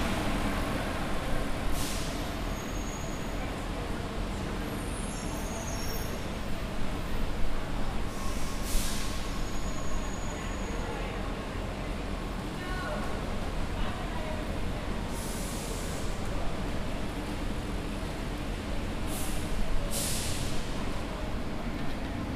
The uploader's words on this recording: Charlotte Douglas International Airport Lower Entrance. Featuring the hum of idling buses, people getting picked up and dropped off, and passersby.